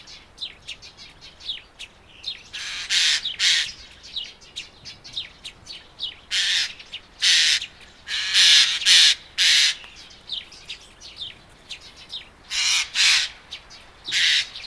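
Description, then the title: Eurasian jay screeching hoarsely, rough bursts coming singly and in twos and threes at uneven gaps, while soft high chirps run underneath. "Viikon luontoääni: Närhi"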